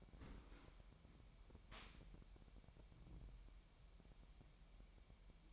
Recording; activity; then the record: daily activity, microphone in the room; open dishwasher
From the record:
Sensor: 1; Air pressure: 998.4 hPa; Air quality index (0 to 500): 136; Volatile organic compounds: 4 ppm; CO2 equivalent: 1634 ppm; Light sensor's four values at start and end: 18/59/23/24 and 17/59/23/24